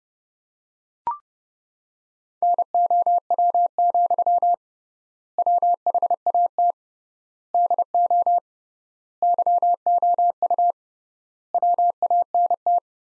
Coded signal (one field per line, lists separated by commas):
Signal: Morse code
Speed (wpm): 32 wpm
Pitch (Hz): 700 Hz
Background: none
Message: NOW, WHAT DO YOU WANT